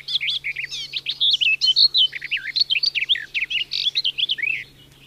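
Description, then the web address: Garden warbler song: a rapid, continuous warble of varied, mellow, slurred notes running almost unbroken for about five seconds, then stopping. "Madardalok Kerti poszáta"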